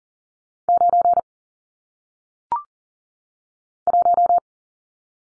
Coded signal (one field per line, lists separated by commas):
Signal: Morse code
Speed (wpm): 38 wpm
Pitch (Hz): 700 Hz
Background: none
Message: 9 1